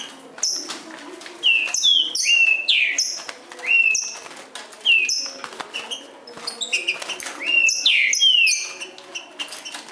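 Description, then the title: Green-winged saltator song: loud whistled phrases sliding down and up, given in bursts, answered by another bird's sharp high notes. Trinca-ferro called Nicão singing in the bush, competing with a free wild bird. "Trinca Ferro NICÃO No Mato Disputando Com Solto"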